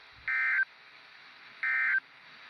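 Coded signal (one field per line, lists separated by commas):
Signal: Emergency Alert System (SAME) tones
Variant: end-of-message bursts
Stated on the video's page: EAS tests from weather radio station WXL82, which now transmits wirelessly.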